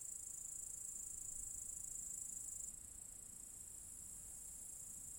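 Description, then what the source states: Cicadas sing a continuous, very high hissing buzz that softens partway through, near the three-second mark, and carries on quieter. Several cicadas in an apple tree orchard at Zalensų Sodybos, Lithuania, recorded 23 August 2015.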